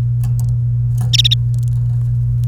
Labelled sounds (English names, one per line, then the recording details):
Domestic Canary song
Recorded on 29 April 2018 at 09:35
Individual llb3